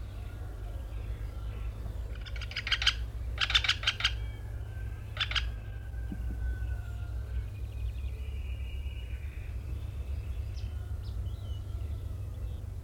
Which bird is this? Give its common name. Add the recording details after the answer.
Syrian Woodpecker. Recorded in the wild. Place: Albesti, Transilvania, RO. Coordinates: 46.258, 24.86. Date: 1973-04-28. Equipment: Nagra III BH, Sennheiser MD 21, parabola. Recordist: Schubert, Michael. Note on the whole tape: Blutspecht: "nett" - Rufe